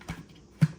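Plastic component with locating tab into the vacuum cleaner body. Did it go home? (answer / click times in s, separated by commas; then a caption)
no / none. A plastic vacuum component with a locating tab is being fitted into the body of a Dyson DC40 Ball Animal vacuum cleaner, hooked in by its tab and lip first. Two soft handling knocks are heard, near 0.1 s and a louder one near 0.6 s. Nothing has seated or clicked yet.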